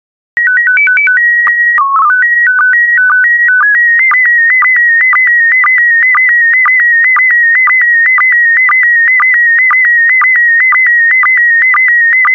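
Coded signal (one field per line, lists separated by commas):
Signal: SSTV (slow-scan television)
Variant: PD 120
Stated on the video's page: SSTV images sent in PD120 mode, a daily set for decoding practice.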